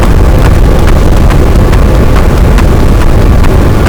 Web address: Physeter Macrocephalus boat SNR 12 d B cachalot